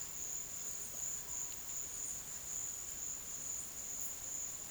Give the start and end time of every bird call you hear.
[0.51, 4.70] bird call

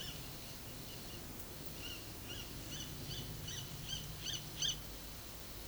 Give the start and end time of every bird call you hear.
[0.00, 1.22] bird call
[1.89, 4.78] bird call

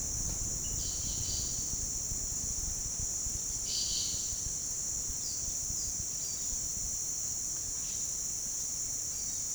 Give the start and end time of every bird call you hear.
[0.67, 1.55] bird call
[3.60, 4.39] bird call
[5.22, 6.53] bird call

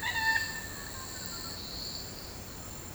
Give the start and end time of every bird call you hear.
[0.00, 1.57] bird call

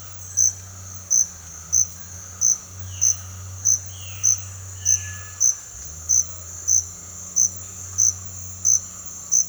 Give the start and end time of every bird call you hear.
[2.88, 3.13] bird call
[3.88, 4.30] bird call
[4.72, 5.38] bird call

